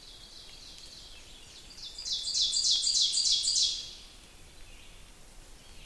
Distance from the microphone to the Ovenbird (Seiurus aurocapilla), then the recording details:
about 15 m. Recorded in boreal forest in Alberta, Canada, on 6 June 2016 at 05:40. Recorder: SongMeter 3, array SBT-3-51. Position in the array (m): 224 m, 22 m. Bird 27